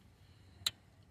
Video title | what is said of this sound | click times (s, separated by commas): #4 1989 1992 Prizm Corolla 1.6 liter 4AFE L-4 | That's it. Click, click, click. You hear the click, click, click. | 0.7 s